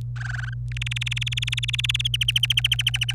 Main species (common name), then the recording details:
Domestic Canary. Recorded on 26 April 2018 at 12:23. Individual llb3